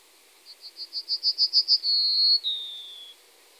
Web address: Emberiza citrinella. ns svatomartinska alej